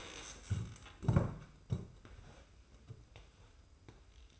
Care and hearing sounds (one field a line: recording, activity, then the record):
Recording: daily activity, microphone in the room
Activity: stand up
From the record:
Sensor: 2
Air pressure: 990.4 hPa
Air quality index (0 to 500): 181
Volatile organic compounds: 1000 ppm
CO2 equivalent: 5748 ppm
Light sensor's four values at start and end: 29/66/27/27 and 30/67/28/28